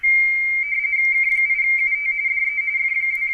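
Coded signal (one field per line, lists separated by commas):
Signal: RTTY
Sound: brief steady high tone, then a fast burbling warble between two close pitches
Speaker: We call CQ and a French station comes back to us.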